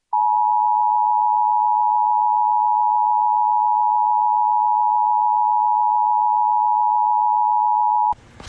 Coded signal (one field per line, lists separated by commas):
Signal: Emergency Alert System (SAME) tones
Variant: 853 and 960 Hz attention tone